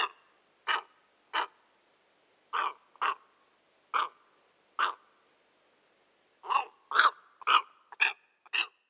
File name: Steppe Eagle